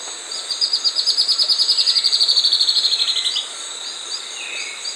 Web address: S America Andean Birds Spot-Winged Antbird (Percnostola Leacostigma)